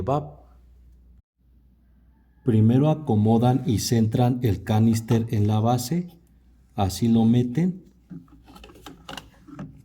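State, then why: Not seated. An EVAP canister from a Nissan Tiida is placed and centred on its plastic mounting base while someone talks. Only light handling knocks are heard near the end. Nothing has latched or clicked yet, since the base has not been pushed up.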